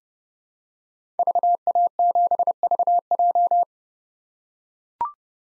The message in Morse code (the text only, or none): VA7VJ